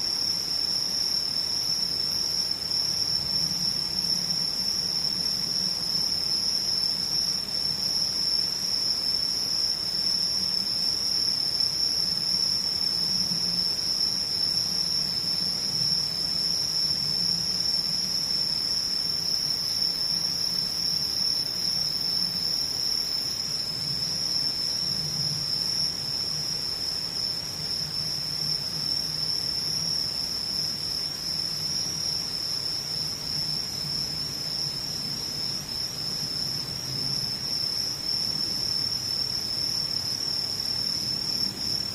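Insects sing in a steady, dense, high-pitched drone throughout, with a faint low hum wavering underneath and no breaks.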